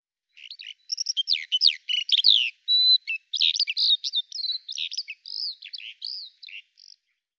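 Eurasian skylark singing a rapid stream of varied chirps, short trills and thin whistles for about six and a half seconds, against a silent background.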